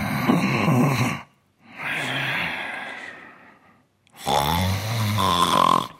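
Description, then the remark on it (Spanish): A voice imitates snoring in three loud, rasping bursts, the last one ending in a higher, more nasal rattle, with short silent gaps between them. “Y cuando por fin te quedas dormido con ella, el cuerpo dice, lo tengo a huevo. Voy a hacerle roncar.”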